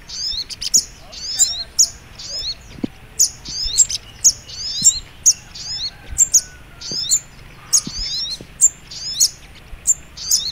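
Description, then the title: Little spiderhunter sings rapid high chirps and thin twittering phrases, repeated many times without pause, over quiet hiss. Training recording (masteran) of sogok ontong labaik. "Masteran Burung Sogok Ontong Labaik"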